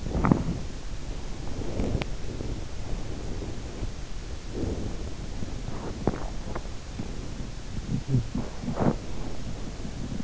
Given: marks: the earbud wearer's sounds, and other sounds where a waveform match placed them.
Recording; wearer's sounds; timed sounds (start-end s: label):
sounds in sleep by an in-ear microphone; body movement
0.00-10.24 s: body movement
8.05-9.08 s: sound from someone else or the room